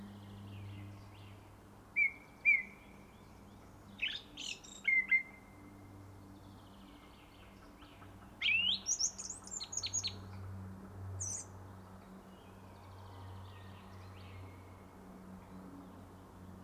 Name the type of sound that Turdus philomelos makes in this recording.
song